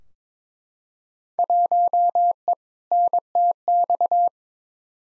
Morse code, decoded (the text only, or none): 1E NTX